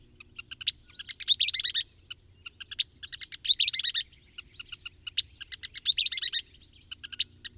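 Bird song with repeated phrases: scattered high ticks lead into a loud, fast chattering burst, three such phrases.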